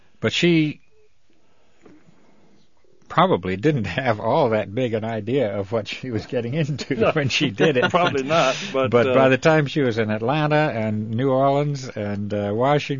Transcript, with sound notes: but she probably didn't have all that big an idea of what she was getting into. (he laughs)
No, she didn't. Probably not, but...
But by the time she was in Atlanta and New Orleans and Washington...